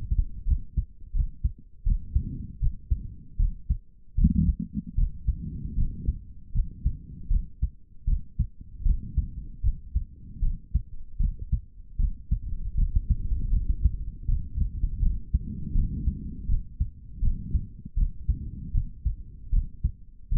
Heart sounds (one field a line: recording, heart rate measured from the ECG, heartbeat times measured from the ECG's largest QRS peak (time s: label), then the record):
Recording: heart sounds by stethoscope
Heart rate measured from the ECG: 79 bpm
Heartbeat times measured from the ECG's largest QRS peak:
0.44 s: heartbeat
1.12 s: heartbeat
1.84 s: heartbeat
2.60 s: heartbeat
3.37 s: heartbeat
4.15 s: heartbeat
4.95 s: heartbeat
5.75 s: heartbeat
6.52 s: heartbeat
7.28 s: heartbeat
8.05 s: heartbeat
8.83 s: heartbeat
9.61 s: heartbeat
10.40 s: heartbeat
11.18 s: heartbeat
11.97 s: heartbeat
12.75 s: heartbeat
13.51 s: heartbeat
14.26 s: heartbeat
15.00 s: heartbeat
15.73 s: heartbeat
16.47 s: heartbeat
17.20 s: heartbeat
17.95 s: heartbeat
18.72 s: heartbeat
19.50 s: heartbeat
20.29 s: heartbeat
From the record:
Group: healthy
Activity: rest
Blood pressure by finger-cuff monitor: 119/70 mmHg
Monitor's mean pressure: 86 mmHg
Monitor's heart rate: 78 bpm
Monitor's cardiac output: 4.3 L/min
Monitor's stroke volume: 54 mL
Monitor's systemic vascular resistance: 1410 dyn s/cm5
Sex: male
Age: 55 years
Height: 167 cm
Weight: 57.2 kg